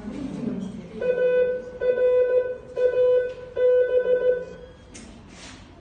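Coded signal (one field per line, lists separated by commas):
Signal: Morse code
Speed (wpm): 15 wpm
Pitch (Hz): 500 Hz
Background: music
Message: ARAB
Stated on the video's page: Morse code practice.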